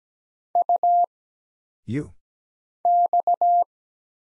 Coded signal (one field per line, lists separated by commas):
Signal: Morse code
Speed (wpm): 17 wpm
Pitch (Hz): 700 Hz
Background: none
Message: U X